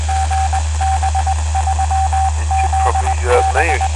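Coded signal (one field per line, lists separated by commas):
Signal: Morse code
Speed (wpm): 20 wpm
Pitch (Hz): 770 Hz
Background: speech, radio noise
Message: GB3ZB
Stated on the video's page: UHF amateur signal via repeater, received near Chepstow UK on an SDRPlay RSP2 with stainless steel discone antenna.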